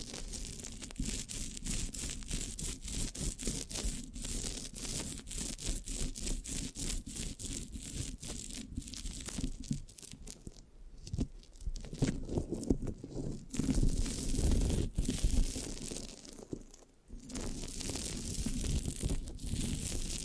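Microphone scratching with sticky, crackly rubbing, dense and fairly steady, with rough low rumbles swelling louder around the middle.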